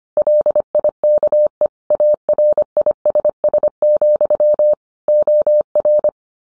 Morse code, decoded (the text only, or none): LIKE ARISS, OR